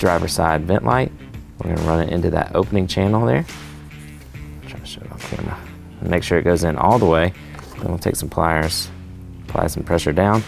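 Someone talks while the single wire from the driver's side LED vent light on a Gen 3 Raptor is fed all the way into the opening channel of a plastic T-tap connector, before the connector is pressed shut with pliers. During a pause in the talking, soft handling sounds come at 4.4, 4.9 and 5.1 seconds. Nothing has clicked or seated yet.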